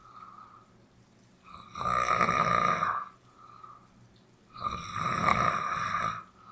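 Two loud, rough, rattling snores, each lasting over a second, come roughly every three seconds, about 20 a minute. Quieter breathing lies between them. A steady soft hiss of rain and a faint tone run underneath. Part of Luis Bravo's sound poem 'material do poeta sonhante'.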